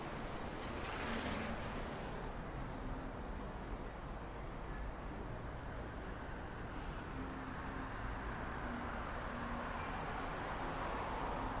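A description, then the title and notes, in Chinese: City sound: a steady, dense wash of vehicle traffic rumbling throughout, with a brighter swell early on and faint high tones drifting in and out. 坐在300快外晒太阳｜城市声音。很喜欢300快外公交，坐在二层的第一排，被太阳从头到脚晒着，很浪漫。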